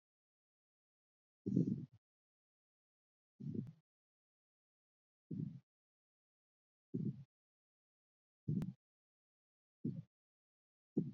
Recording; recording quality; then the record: shallow breathing; excellent, no background noise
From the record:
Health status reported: exposed to COVID-19, no respiratory illness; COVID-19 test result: negative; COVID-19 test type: RT-PCR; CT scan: not taken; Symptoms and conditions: sore throat, another condition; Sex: female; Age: 37 years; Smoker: no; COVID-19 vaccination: both doses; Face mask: not worn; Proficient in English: yes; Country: India